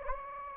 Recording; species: mosquito wingbeat signal from an infrared sensor; Anopheles gambiae